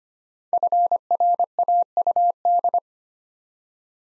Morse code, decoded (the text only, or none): FRAUD